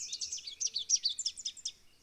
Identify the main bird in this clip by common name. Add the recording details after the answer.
Rufous-capped Warbler. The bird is a female. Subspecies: rufifrons. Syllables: 14. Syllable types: 5. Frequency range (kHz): 2.7-8.7 kHz. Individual CS-R16-F